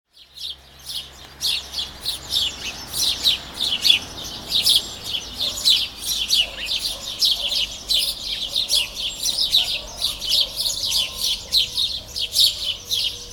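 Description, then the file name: House sparrow chirping, a dense, continuous stream of short sharp notes, with a faint low hum in the background. "Passer domesticus"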